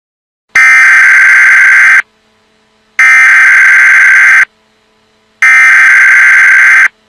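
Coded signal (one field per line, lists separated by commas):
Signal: Emergency Alert System (SAME) tones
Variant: header bursts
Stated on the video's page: Fake EAS alert made as a prank, not a real broadcast.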